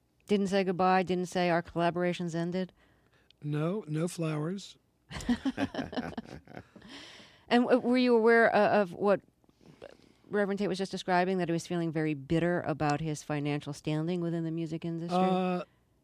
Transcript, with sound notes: Didn't say goodbye, didn't say our collaboration's ended?
No, no flowers.
(SOUNDBITE OF LAUGHTER)
And were you aware of what Reverend Tate was just describing, that he was feeling very bitter about his financial standing within the music industry?